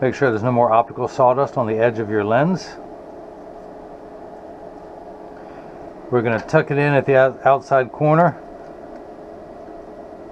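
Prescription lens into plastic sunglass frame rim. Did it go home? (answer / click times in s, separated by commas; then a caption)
no / none. A cut prescription Zeiss PhotoFusion Gray lens with DuraVision Chrome anti-glare coating, its edge cleared of optical sawdust, is tucked into the outside corner of a plastic Ray-Ban 2132 New Wayfarer sunglass frame rim. Someone talks from about 0.0 to 2.6 s and again from about 6.1 to 8.3 s, with a steady low background hum in between. The lens is only being positioned here, and nothing has seated or clicked yet.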